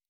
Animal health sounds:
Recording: hydrophone in a shrimp aquaculture tank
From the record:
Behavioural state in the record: normal

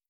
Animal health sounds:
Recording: hydrophone in a shrimp aquaculture tank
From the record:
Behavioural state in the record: feeding

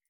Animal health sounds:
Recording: hydrophone in a shrimp aquaculture tank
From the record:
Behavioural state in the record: feeding

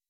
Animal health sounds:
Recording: hydrophone in a shrimp aquaculture tank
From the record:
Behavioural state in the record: weakened

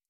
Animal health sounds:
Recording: hydrophone in a shrimp aquaculture tank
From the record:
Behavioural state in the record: stressed

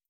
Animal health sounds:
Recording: hydrophone in a shrimp aquaculture tank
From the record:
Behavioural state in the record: starved

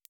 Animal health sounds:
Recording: hydrophone in a shrimp aquaculture tank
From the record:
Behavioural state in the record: feeding

